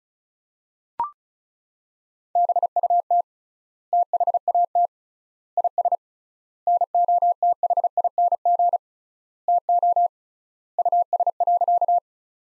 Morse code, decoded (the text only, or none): BUT THAT IS NOTHING TO US.